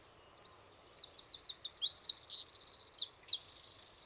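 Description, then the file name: Eurasian wren singing a loud, fast, high-pitched run of trills and sharp twittering notes lasting about three seconds, with quiet background. "Troglodytes troglodytes"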